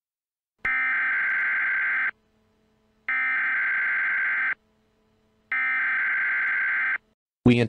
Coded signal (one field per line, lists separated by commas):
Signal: Emergency Alert System (SAME) tones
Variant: header bursts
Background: speech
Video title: EAS | Nuclear Attack Scenario #4